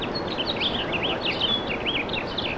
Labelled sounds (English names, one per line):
House Finch song